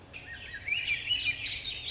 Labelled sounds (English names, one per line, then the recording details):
Swainson's Thrush
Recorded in Sonoma County, California